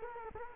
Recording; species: mosquito wingbeat signal from an infrared sensor; Culex quinquefasciatus